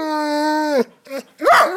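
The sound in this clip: Dog whimpering: a long, steady high whine that dips at the end, then a short whimper and a rough, harsh bark.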